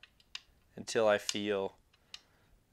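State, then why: Seated. The 90-degree set screw on a fletching jig's rotating nock indexer is tightened, not all the way, until it engages, and someone talks over it. As the indexer turns, two short detent clicks, the positive clicks, sound at 1.9 s and 2.1 s, and the indexer is seated in its detent.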